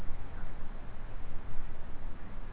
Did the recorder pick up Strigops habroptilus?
no